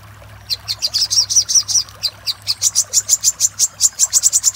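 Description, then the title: Little spiderhunter song begins after a short quiet, then a run of high, sharp chip notes with one brief gap continues to the end. Master song used to train cage birds. "Masteran Burung Sogok Ontong Labaik"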